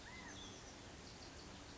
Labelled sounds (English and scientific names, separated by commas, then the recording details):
California Quail (Callipepla californica)
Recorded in Sonoma County, California